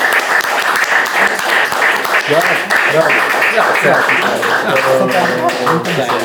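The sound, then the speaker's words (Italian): Sustained audience applause at a book presentation, a dense steady patter of many hands clapping throughout, with voices chattering and calling out over it. “Un applauso!”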